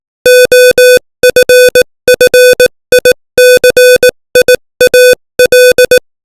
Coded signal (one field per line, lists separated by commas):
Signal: Morse code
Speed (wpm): 18 wpm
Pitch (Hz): 500 Hz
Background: music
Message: OFFICIAL